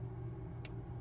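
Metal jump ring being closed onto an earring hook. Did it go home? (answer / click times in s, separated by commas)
yes / 0.6 s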